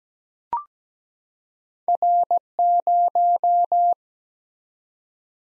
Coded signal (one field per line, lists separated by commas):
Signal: Morse code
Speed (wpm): 17 wpm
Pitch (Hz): 700 Hz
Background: none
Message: R0